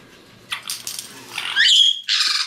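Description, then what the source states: White-bellied caique chick giving a raspy screech that ends in a brief whistled note, then one more harsh squawk. Chick in a playful, excited mood.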